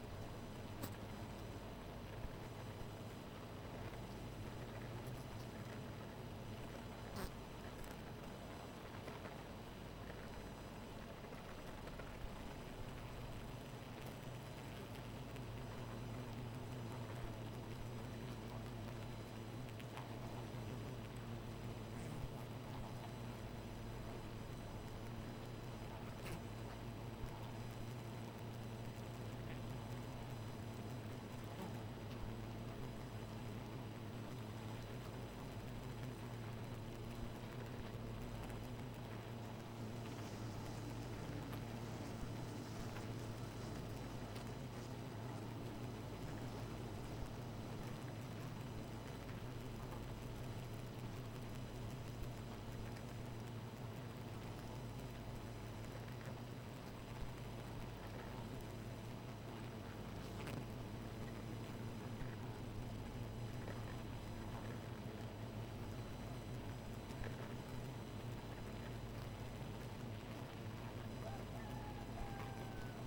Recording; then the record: honeybee colony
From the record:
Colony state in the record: missing queen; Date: 14 July 2017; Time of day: 2:57